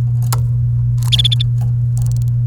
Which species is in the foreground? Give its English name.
Domestic Canary